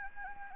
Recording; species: mosquito wingbeat signal from an infrared sensor; Anopheles gambiae